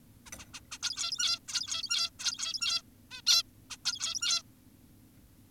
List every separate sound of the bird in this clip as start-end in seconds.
0.26-0.30, 0.39-0.46, 0.54-0.61, 0.72-0.78, 0.83-1.39, 1.48-2.10, 2.20-2.82, 3.11-3.22, 3.27-3.43, 3.70-3.77, 3.86-4.42